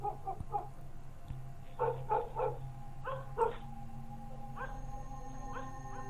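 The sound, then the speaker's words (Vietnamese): A dog barks toward a bamboo thicket in quick bursts of two or three sharp, yipping barks, pausing briefly between each volley, over a steady low hum. “Con chó cứ chĩa về hướng bụi tre mà sủa ông ổng.”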